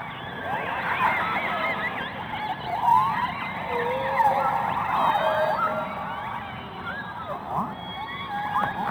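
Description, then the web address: Orca calls underwater, a dense chorus of many overlapping squeals and short sweeping whistles over a rushing hiss. Underwater recording. "subacuatica Audio archivos Orcas"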